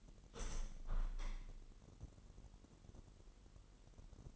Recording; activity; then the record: daily activity, microphone in the room; open window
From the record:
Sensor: 4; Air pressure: 999.5 hPa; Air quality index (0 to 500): 104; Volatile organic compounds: 2 ppm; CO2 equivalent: 1031 ppm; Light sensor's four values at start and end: 12/29/12/13 and 12/29/12/13